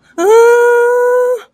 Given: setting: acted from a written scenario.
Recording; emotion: vocal sound without words; fear